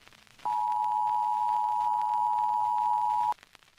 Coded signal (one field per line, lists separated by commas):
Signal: Emergency Alert System (SAME) tones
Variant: 853 and 960 Hz attention tone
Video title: Mini EAS alarm(Waring in description)